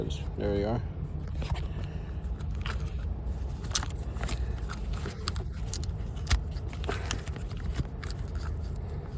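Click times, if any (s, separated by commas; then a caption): 2.7 s, 3.8 s, 5.3 s, 5.7 s, 6.3 s, 7.1 s. Plastic dash trim on a Chevy SS is pressed around its edge and its clips snap into the dashboard one after another during a radio and cluster install. Sharp clip snaps land at 2.7, 3.8, 5.3, 5.7, 6.3 and 7.1 seconds while someone talks. The trim is seated and everything is clicked back in.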